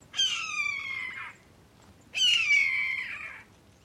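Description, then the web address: Red-tailed hawk giving two hoarse, drawn-out screams, each over a second long and slurring slightly downward, separated by a short pause. "Lynne Music. Red Tail Hawk Two Calls"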